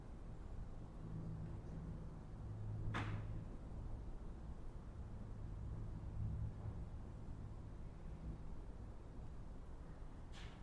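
Inside a mausoleum in Piedmont, California, a steady low hum and rumble fill the air, with a faint murmur that swells around three and six seconds. A sharp knock or tap cracks out near three seconds, and another soft click comes at the very end.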